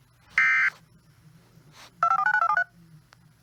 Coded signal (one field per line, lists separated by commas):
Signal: DTMF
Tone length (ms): 80 ms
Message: 2549273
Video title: EAS Alerts From Thanksgiving Week 2020 (EAS#34-41)